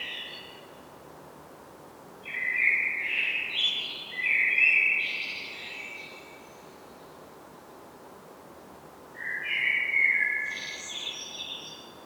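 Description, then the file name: Common blackbird singing two mellow warbled phrases, each ending in a thin, squeaky twitter, separated by a few seconds of quiet with steady background hiss. "Turdus merula"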